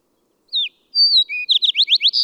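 Bird song: a high descending whistle, a sustained whistled note, a short lower whistle, then a quick series of several rising notes, cut off at the end.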